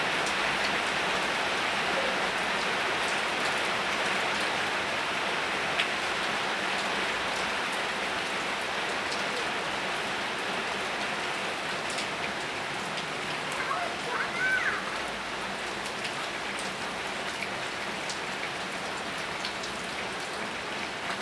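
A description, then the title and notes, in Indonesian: Rain falls steadily and densely, a constant hiss centered in the upper-middle range with fine patter of drops throughout. The level stays even for the whole stretch, with a brief brighter flutter around fourteen seconds that could be a bird or squeak. Suara Hujan, Benar-benar Suara Hujan.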